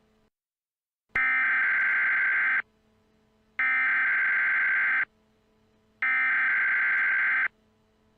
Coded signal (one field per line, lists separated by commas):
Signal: Emergency Alert System (SAME) tones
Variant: header bursts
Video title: EAS Mock Airplane Disaster! UPDATED